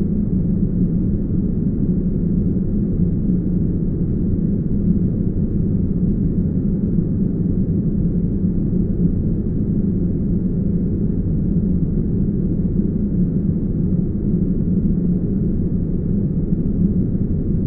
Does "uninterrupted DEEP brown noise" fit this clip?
yes